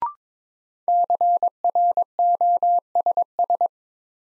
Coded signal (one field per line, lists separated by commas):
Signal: Morse code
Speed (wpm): 22 wpm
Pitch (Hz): 700 Hz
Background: none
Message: CROSS